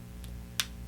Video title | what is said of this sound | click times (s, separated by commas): Inserting or Adding a Magnetic Snap to Your Sewing Project | Both sides of my magnetic snap are inserted. Hear that click? | 0.6 s